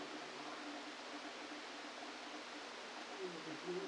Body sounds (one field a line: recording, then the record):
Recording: brain microelectrode recording played as sound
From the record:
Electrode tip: outside the subthalamic nucleus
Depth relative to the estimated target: -6 mm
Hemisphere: right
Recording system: NeuroSet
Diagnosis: Parkinson's disease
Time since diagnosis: 13 years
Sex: male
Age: 49 years